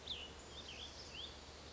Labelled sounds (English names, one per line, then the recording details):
Cassin's Vireo
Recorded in Sonoma County, California